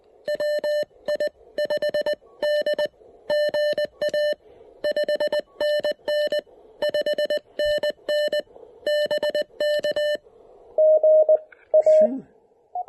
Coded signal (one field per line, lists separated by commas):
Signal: Morse code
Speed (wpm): 20 wpm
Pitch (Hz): 590 Hz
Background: none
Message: WI5D GA 5NN 5NN BK GA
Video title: Breaking in my New-To-Me Elecraft KX1 during a POTA activation!